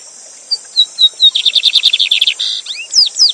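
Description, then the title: Lined seedeater song opening with spaced high whistles, speeding into a rapid metallic trill and ending with sweeping slurred notes, over a steady rush of water. Teacher bird used to train song, singing live with a waterfall. "Novo Canto de Bigodinho. Bigode Gavião negro professor de canto cantando ao vivo com cascata!"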